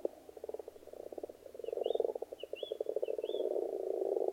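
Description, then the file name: Frogs give rapid, pulsed rattling croaks that build into a steady chorus, with faint high chirps in the middle. Frogs in a pond. "benboncan frogs-in-a-pond"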